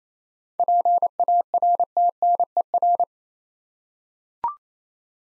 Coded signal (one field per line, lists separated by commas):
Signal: Morse code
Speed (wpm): 27 wpm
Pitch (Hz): 700 Hz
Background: none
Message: PARTNER